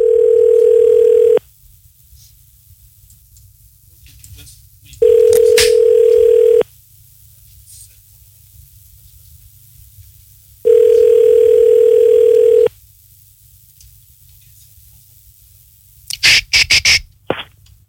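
A telephone ringback tone sounds three times as a phone number is dialed, each a steady mid-pitched buzz lasting about a second and a half with long silent gaps, followed by a few sharp clicks as the line connects.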